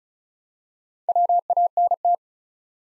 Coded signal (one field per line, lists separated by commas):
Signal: Morse code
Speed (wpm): 36 wpm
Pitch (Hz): 700 Hz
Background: none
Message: WANT